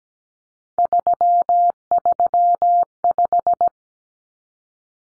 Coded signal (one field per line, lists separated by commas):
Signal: Morse code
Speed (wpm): 17 wpm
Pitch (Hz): 700 Hz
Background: none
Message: 335